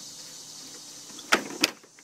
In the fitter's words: tilt it you going to hear three snaps one already second one and the third one